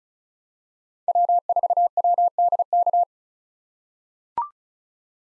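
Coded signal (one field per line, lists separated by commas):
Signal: Morse code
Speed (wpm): 36 wpm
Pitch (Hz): 700 Hz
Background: none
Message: W4WDK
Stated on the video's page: Morse code practice at 35 wpm of common POTA hunter call signs for head-copy, each sent, then spoken, then sent again.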